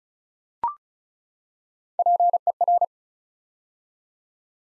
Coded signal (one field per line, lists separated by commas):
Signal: Morse code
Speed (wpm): 36 wpm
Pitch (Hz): 700 Hz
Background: none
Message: PER